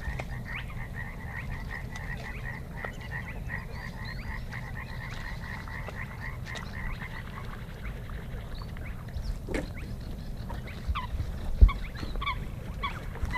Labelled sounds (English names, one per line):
Spotted Crake